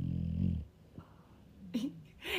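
A single loud, low, rumbling snore from a sleeping dog, Happy, opens, lasting about half a second, followed by quiet room noise and a brief handling sound. The snore is a rough, vibrating noise made during sleep breathing, picked up by a phone placed near the dog.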